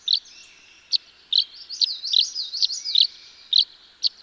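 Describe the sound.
Tree swallow calls: isolated high chirps spaced unevenly, with a burst of bubbling warbled notes in the middle of the sequence.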